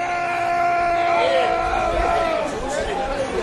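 A man over 30 shouts loudly in a long, strained, sustained yell that wavers in pitch, over a steady murmur of crowd chatter.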